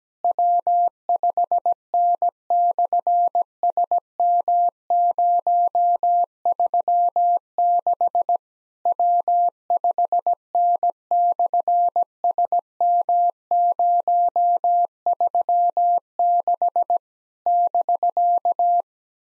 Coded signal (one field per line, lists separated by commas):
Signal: Morse code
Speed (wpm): 18 wpm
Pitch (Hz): 700 Hz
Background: none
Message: W5N/SM036 W5N/SM036 <BK>